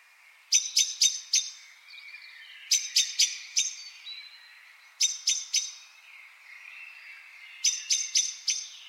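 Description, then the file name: Common blackbird sounding hard chink notes in quick sets of four, recurring every two to three seconds, with quieter twitters of other birds in between. "Turdus merula"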